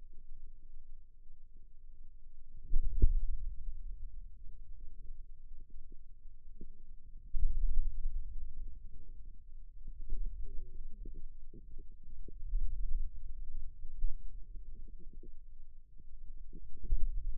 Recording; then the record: forearm muscle sounds (acoustic myography)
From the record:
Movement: pen grasping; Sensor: system 2, bracelet of six BSWA MPA416 microphones around the upper forearm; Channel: 5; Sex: male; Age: 22 years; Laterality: right